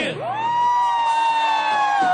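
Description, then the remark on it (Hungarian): A loud, drawn-out 'héja' chant shout at a stage show swoops upward in pitch and then holds one steady, ringing note for about two seconds, with a faint crowd murmur underneath. “Igen, induljon be a héja-héja kiáltás!”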